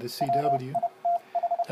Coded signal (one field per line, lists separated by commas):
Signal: Morse code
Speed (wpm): 30 wpm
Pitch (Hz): 690 Hz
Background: speech, radio noise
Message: WITH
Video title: Homebrew Arduino CW (Morse) Decoder & 4 Line LCD Display - Cheap